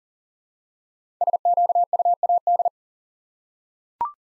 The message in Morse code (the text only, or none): SQUAD